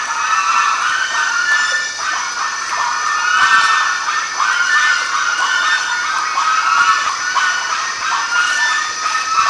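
Bird calls from a large group: raucous, overlapping squawks and chatter, with a faint high tone behind.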